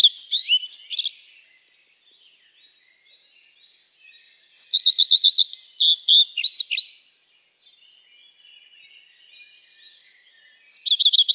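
Common redstart delivering short songs of quick repeated high notes trailing into a twittering finish, several seconds apart, with faint bird chatter in the background.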